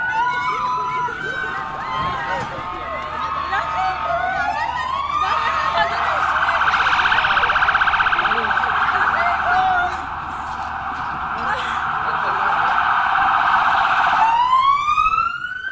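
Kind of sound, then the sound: vehicle, ambulance siren arriving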